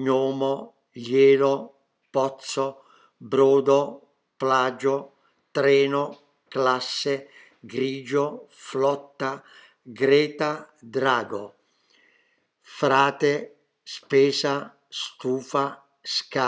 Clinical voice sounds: read list of words; Italian; male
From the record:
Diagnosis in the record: healthy control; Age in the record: 77 years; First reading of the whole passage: 68 s, 7.6 characters per second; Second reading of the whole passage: 60 s, 8.3 characters per second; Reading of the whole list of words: 67 s, 4.2 characters per second

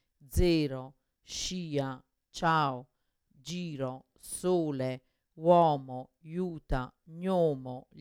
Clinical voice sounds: read list of words; Italian; female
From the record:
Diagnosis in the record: Parkinson's disease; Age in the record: 61 years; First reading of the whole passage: 53 s, 9.7 characters per second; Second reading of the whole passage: 51 s, 10.1 characters per second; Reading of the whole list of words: 49 s, 5.7 characters per second

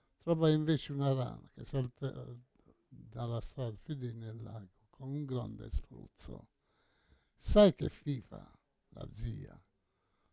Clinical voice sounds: read passage; Italian; male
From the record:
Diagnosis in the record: Parkinson's disease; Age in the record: 68 years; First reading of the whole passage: 85 s, 6.1 characters per second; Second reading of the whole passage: 63 s, 8.2 characters per second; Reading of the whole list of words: 49 s, 5.8 characters per second

